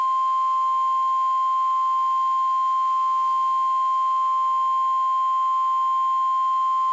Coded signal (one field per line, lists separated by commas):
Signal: Emergency Alert System (SAME) tones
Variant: 1050 Hz attention tone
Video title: EAS Alerts From 6/11/23 (EAS #1634-1649)